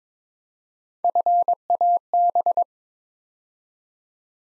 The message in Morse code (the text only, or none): FAB